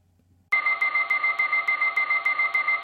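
A steady, loud electronic alarm tone, the signal for horse transport, with two sustained bright pitches, pulsing rapidly with regular clicks, begins abruptly after a brief low hum and continues unbroken to the end.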